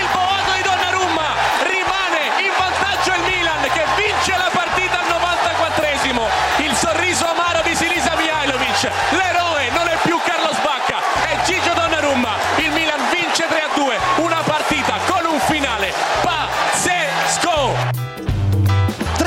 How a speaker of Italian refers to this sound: Belotti contro Donnarumma. Parte Belotti. Destro Donnarumma! Il boato di San Siro!